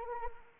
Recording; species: mosquito wingbeat signal from an infrared sensor; Anopheles arabiensis